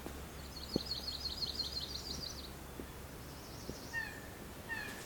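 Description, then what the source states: Yellow-rumped Warbler song, a fast, high trill of chevron-shaped notes lasting about two seconds, then a shorter trill. On a very overgrown trail through low, scrubby forest with balsam fir, hemlock and rock, during a calm, warm, sunny hike.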